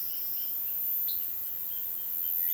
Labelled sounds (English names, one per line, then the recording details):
Roadside Hawk
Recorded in dense forest near Puerto Asís, Putumayo, Colombia, on 19 February 2024 at 09:00
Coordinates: 0.505, -76.324
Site G6467